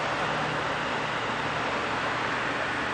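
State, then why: Not seated. A DC fast-charging connector is inserted into the charge port of a 2017 Bolt EV under a steady, broadband hiss with a low hum that holds an even level for the full three seconds. No latch click is heard, and the connector has not clicked into place yet.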